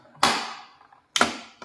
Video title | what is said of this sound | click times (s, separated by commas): Comment Ce Piège Connecté Change-T-Il La Lutte Contre les Nuisibles ? Révélation Mondiale ! - S1E4 | vous entendez le clac, voilà, là il est actif. | 0.2 s, 1.2 s